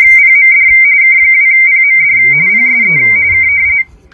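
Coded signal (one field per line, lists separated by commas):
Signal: RTTY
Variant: 45 baud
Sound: fast warbling two-tone chatter, continuous, with a steady lower hum tone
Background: brief voice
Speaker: and then you hear the wonderful Ry sounds look what's happening over here wow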